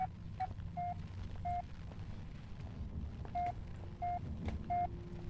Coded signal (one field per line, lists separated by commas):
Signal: none